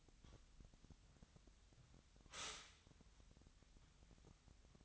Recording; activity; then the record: daily activity, microphone in the room; stop toaster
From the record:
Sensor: 3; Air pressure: 1001.9 hPa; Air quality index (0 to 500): 246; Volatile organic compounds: 49 ppm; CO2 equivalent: 3284 ppm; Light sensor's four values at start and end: 14/41/18/15 and 14/41/18/15